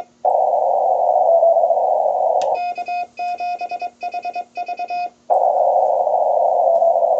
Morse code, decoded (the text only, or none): K7HV